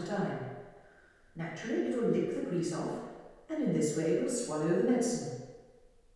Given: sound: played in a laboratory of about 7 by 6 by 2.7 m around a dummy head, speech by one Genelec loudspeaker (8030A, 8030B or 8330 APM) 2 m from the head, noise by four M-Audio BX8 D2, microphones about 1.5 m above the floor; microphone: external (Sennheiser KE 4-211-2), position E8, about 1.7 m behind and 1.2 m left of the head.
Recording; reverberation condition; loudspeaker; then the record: female speech in English; high; 30 degrees to the left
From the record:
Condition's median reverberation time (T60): about 1300 ms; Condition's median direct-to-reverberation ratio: about -4.0 dB